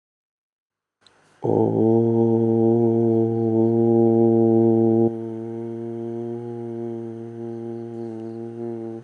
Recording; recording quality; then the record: sustained vowel as in boot; excellent, no background noise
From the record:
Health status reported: healthy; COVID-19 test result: negative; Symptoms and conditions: none ticked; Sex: male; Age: 30 years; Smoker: yes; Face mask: not worn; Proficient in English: yes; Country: India